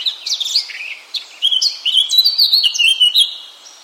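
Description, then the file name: Eurasian blackcap singing a varied, rapid warble of fluty whistles and chirps, with a brief pause after the first second before a louder, richer run of notes. "Sylvia atricapilla"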